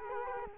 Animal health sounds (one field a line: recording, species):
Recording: mosquito wingbeat signal from an infrared sensor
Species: Culex quinquefasciatus